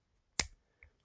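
A ZTE Axon M folding phone is closed once more, one half swinging shut onto the other, and it snaps firmly shut at 0.4 s with a sharp, bright click. A much fainter tick follows at 0.8 s, and the phone is fully shut.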